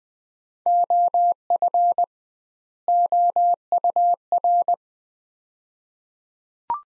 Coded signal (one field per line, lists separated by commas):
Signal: Morse code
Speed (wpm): 20 wpm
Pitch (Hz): 700 Hz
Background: none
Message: OF OUR